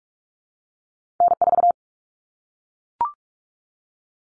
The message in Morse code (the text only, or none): N4